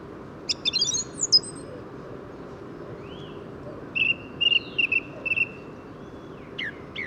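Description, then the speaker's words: Song thrush song of varied phrases: a quick high chattering burst, a pause, a rapidly repeated whistled note, then brief sharp notes. Song thrush was the first bird singing that day, New Year's Day 2018, at the edge of the Bois de Vincennes, in rain; parabolic microphone. "Donc le Grive musicienne, c'est elle qui a ouvert le bal aujourd'hui."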